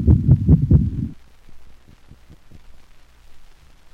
Canine Heart Sounds. Paroxysmal ventricular tachycardia interspersed with a slower, normal rhythm. Sudden, rapid burst of heartbeats of similar intensity, duration, and frequency is heard. Normal, slower rhythm is abolished during the burst of rapid heart sounds.